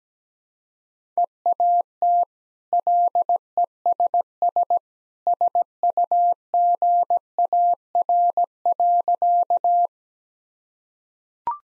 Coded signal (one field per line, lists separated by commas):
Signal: Morse code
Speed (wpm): 17 wpm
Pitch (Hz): 700 Hz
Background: none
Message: EAT LESS SUGAR.